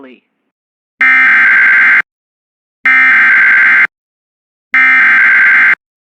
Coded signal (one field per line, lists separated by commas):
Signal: Emergency Alert System (SAME) tones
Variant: header bursts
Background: speech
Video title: EAS #233 Severe Thunderstorm Warning On WJON-IP